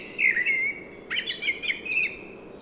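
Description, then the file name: Common blackbird singing mellow fluted whistles in two short phrases, with thin, squeaky higher notes. "Turdus merula"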